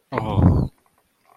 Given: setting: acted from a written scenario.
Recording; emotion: vocal sound without words; guilt